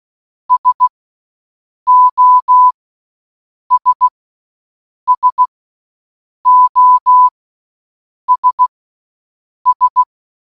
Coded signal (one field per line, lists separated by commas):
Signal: Morse code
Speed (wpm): 16 wpm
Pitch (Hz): 1000 Hz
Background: none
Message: SOS SOS S